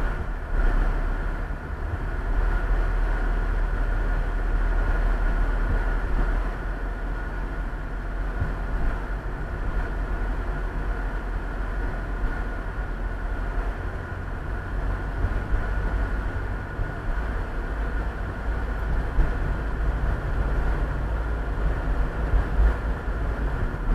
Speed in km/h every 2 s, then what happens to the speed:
18, 20, 21, 21, 21, 21, 23, 24, 26, 29, 31, 32.
0-15 steady at about 21. 15-24 speeds up to 32.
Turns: none.